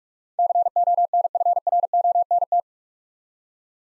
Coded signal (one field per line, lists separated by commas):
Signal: Morse code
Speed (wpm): 46 wpm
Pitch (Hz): 700 Hz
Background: none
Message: CONFRONT